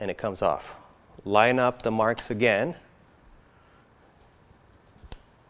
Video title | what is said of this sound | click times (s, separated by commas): Canon Rebel Quickstart Guide | turn the lens and it locks into place and you can hear it so | 5.1 s